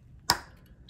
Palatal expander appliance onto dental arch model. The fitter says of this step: escutaram ali um clique